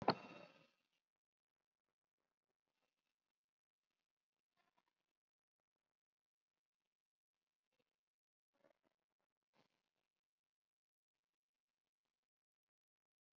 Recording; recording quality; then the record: deep breathing; poor, much background noise or distortion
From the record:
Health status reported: COVID-19 positive, mild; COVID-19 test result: positive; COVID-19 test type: RT-PCR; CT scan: not taken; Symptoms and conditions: cough, cold, fatigue, hypertension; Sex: female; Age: 58 years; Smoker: no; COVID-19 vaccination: none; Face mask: worn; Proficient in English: no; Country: India